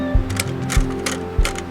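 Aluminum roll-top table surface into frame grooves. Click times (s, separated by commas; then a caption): 0.4 s, 1.1 s, 1.5 s. The aluminum roll-top surface of a Trekology camping table is pressed down so its slats snap into the metal grooves of the frame, giving a series of sharp clicks at about 0.4, 1.1 and 1.5 seconds over low thumps and a steady hum. The slats seat firmly in the grooves.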